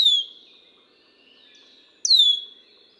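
Red-winged blackbird giving two clear, high whistled notes that slide steeply downward, about two seconds apart, with softer notes between.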